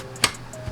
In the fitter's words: And you can hear it click in.